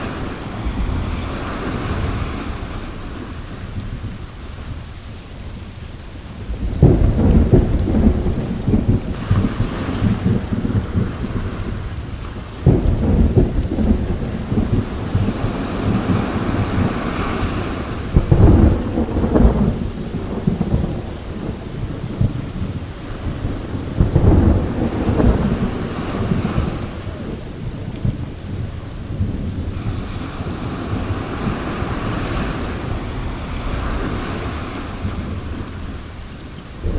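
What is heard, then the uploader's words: Low rolling thunder rumbles through steady rain by the ocean, with heavier bursts near seven, eighteen and twenty-five seconds. Thunderstorm Sound. Natural ocean waves and gentle thunder. Ocean Thunderstorm.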